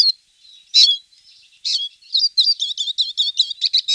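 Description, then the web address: Eurasian siskin singing: a few separate high chirps and thin whistles, then a quick steady series of twittering notes repeated several times a second. "VOLIERE Les oiseaux de nos jardins. Tarin des aulnes - Siskin"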